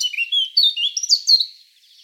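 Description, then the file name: Eurasian blackcap song: a short run of clear, whistled, fluty notes sliding up and down, fading out at the end. "Sylvia atricapilla"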